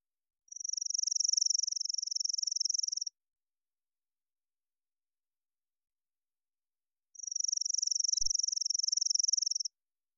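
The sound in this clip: Chipping sparrow song: two dry, rapid, even trills on one high pitch, each lasting about two and a half seconds, separated by a long silence.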